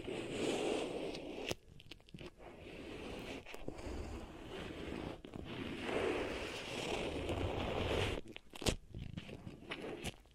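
Beeswax ear triggers: a dense, continuous crackling and squishing texture, sticky and crunchy, with scraping movement throughout. Brief breaks and sharp clicks interrupt it around 1.5, 3.5, 5 and 8 to 9 seconds before the crackling resumes.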